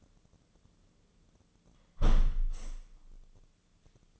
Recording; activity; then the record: daily activity, microphone in the room; close window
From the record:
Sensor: 4